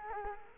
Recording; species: mosquito wingbeat signal from an infrared sensor; Culex quinquefasciatus